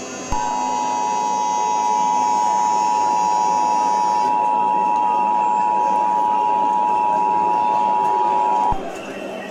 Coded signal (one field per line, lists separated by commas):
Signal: Emergency Alert System (SAME) tones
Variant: 853 and 960 Hz attention tone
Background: speech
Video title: Eas Scenario 022 - Invasion of the Multiverse